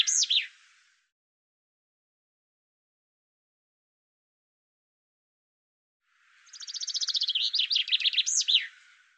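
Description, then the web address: Bird song: the tail of one phrase, a long pause, then a full phrase of fast repeated notes ending in swooping, looping notes. "cianscape birddata Deverinetal 2025 Bird Fr Co"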